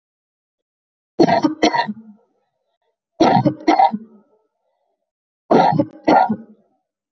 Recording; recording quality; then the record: heavy voluntary cough; moderate, slight background noise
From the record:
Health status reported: healthy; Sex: female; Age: 22 years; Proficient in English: yes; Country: India